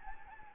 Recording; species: mosquito wingbeat signal from an infrared sensor; Anopheles gambiae